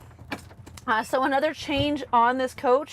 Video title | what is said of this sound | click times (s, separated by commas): 2024 Newmar Super Star 4065 | very easy to set and then after you have it where you like just lock it into place | 0.3 s